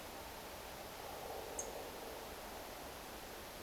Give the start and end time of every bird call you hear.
1.57s-1.61s: Turdus philomelos

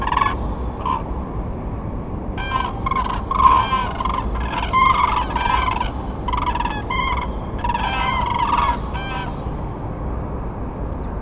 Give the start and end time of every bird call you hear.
0.01s-0.35s: Grus grus
0.79s-1.03s: Grus grus
2.36s-5.91s: Grus grus
6.27s-7.26s: Grus grus
7.57s-9.29s: Grus grus
10.89s-11.09s: Grus grus

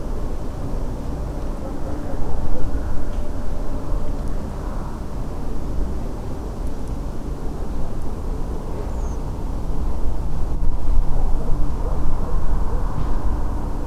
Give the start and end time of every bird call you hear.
8.89s-9.16s: Turdus iliacus

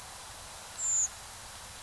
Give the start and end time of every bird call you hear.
0.77s-1.08s: Turdus iliacus

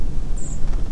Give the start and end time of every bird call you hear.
0.36s-0.59s: Turdus iliacus

